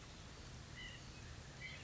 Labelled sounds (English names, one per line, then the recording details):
White-breasted Nuthatch
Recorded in Sonoma County, California